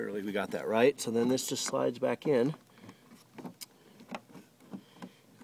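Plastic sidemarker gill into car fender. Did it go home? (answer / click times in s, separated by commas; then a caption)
yes / 3.6 s, 4.1 s. Someone talks, then a plastic sidemarker gill trim on a BMW E92 M3 is slid back into the car's fender opening. It snaps into place with sharp clicks at about 3.6 s and 4.2 s, among other faint taps, and is seated.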